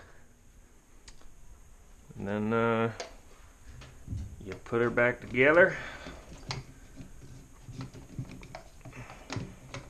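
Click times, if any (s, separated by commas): none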